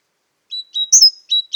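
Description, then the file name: Great tit call: a few clear, thin whistled notes, one higher note slurring downward, after a short silence. "Parus major"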